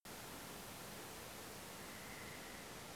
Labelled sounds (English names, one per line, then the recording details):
Western Barn Owl
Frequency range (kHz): Western Barn Owl 1.6-2.3 kHz
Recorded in France